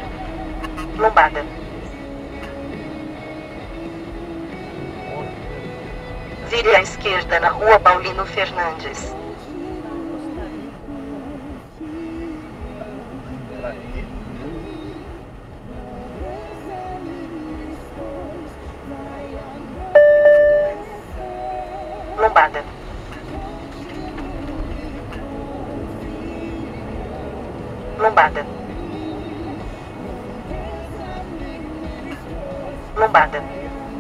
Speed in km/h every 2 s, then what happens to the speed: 22, 27, 33, 37, 34, 34, 34, 37, 41, 38, 29, 29, 43, 50, 53, 54, 56.
0-5 speeds up to 37. 5-12 steady at about 34. 12-16 speeds up to 41. 16-20 slows to 29. 22-27 speeds up to 53. 27-34 steady at about 54.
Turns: none.